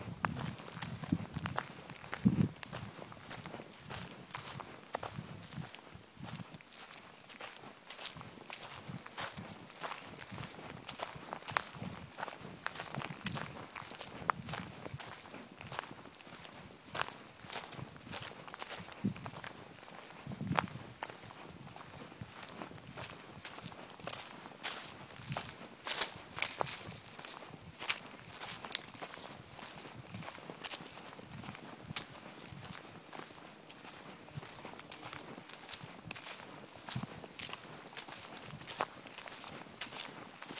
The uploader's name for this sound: Forrest Walk in Bergerac, France